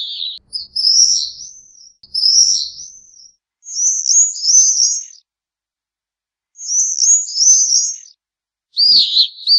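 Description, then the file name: Swift screaming in repeated high, buzzy trilled phrases of one to two seconds, separated by short silences. "vencejo"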